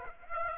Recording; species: mosquito wingbeat signal from an infrared sensor; Aedes aegypti